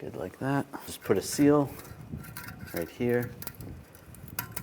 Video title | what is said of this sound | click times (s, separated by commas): How to Replace Front Catalytic Converter 2011-2015 Chevrolet Cruze | that locks in place | 4.4 s